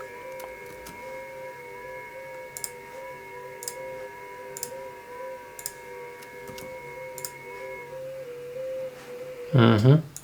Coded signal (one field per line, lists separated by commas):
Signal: FT8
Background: speech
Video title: Працюємо в FT8 | Icom IC7300